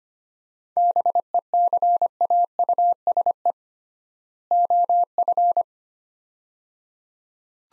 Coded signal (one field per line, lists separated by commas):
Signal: Morse code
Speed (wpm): 25 wpm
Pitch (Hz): 700 Hz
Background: none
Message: BECAUSE OF